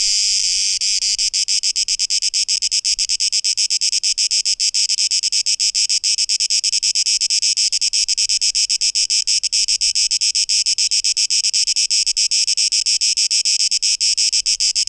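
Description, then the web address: Cicada song, a dense hissing buzz with very rapid, even pulsing throughout. Cicadas, 12 August 2023. "rauschpartikel Audio 2023-08-12 Zikaden (Tape Echo Mix)"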